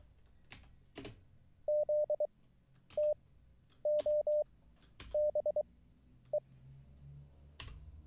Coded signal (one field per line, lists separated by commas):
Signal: Morse code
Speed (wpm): 23 wpm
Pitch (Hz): 600 Hz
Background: none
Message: ZTOBE